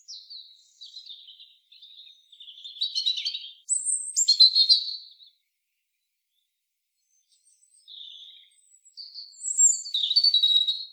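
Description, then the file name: European robin song: high, varied warbling and twittering phrases with sharp rising and falling notes, separated by silent pauses; no other sounds. "Erithacus rubecula"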